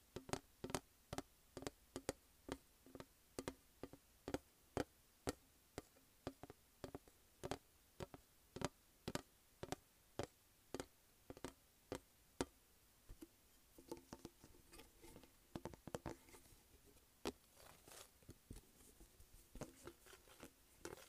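Sharp taps on a plastic case come in quick, uneven bursts throughout, bright, often in clusters of two or three. Between them runs a soft scratchy rustle, which grows busier and denser in the second half.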